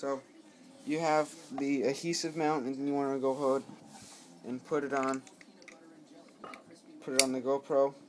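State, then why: Not seated. A GoPro action camera is handled against a plastic adhesive mount while someone talks, with a few small handling knocks around 5.6 to 6.5 seconds. Nothing has seated or clicked yet; the camera has not snapped into the mount.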